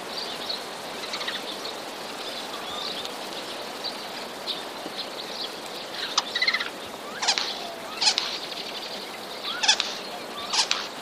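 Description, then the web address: Eurasian jay alarm calls: several harsh, rasping bursts in the second half, spaced irregularly about a second apart, over a hissy outdoor background. Jay warning call, 31 March 2013. "wroblowe ostrzegator sojki 31 03 2013"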